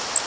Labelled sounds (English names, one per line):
Blackburnian Warbler flight call